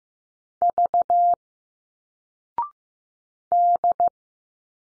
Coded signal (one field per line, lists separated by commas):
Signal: Morse code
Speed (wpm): 15 wpm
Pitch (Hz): 700 Hz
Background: none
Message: V D